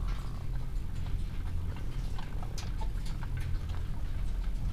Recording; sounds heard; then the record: poultry house recording; sick chickens (respiratory disease)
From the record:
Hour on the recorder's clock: 15